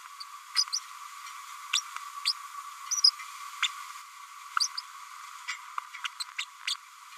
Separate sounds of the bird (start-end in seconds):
0.20-0.23, 0.55-0.64, 0.72-0.79, 1.73-1.82, 2.25-2.33, 2.91-3.01, 3.04-3.10, 3.62-3.68, 4.60-4.68, 4.77-4.81, 6.04-6.08, 6.20-6.25, 6.38-6.45